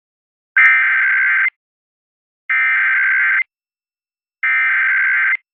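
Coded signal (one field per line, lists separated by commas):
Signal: Emergency Alert System (SAME) tones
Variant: header bursts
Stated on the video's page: Emergency Alert System AMBER Alert for an abducted toddler in Seattle, aired on AM/FM radio.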